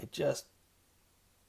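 Someone briefly talks while closing the steel blade of a non-stock Umnumzaan folding knife into its handle, where the detent pulls the blade shut near the end of its travel. After the talking, the clip is nearly silent, and the blade has not yet seated or clicked.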